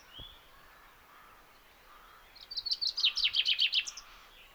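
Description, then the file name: Common chaffinch singing a quick cascading phrase of high, chipped notes that falls in pitch and ends with a flourish. "Fringilla coelebs"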